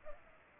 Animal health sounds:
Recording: mosquito wingbeat signal from an infrared sensor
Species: Culex pipiens

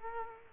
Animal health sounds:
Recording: mosquito wingbeat signal from an infrared sensor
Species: Culex quinquefasciatus

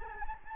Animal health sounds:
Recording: mosquito wingbeat signal from an infrared sensor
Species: Anopheles gambiae

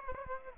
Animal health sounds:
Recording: mosquito wingbeat signal from an infrared sensor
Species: Aedes aegypti

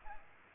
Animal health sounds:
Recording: mosquito wingbeat signal from an infrared sensor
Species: Aedes aegypti

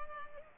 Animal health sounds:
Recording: mosquito wingbeat signal from an infrared sensor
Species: Culex pipiens

